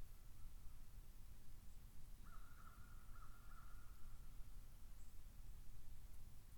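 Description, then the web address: Cuban ivory-billed woodpecker giving a run of flat, nasal, horn-like toots that blur into one drawn-out call, over a steady low rumble. "sound cuban-ivory-billed-woodpecker. دانلود-صدای-دارکوب-نوک-عاجی"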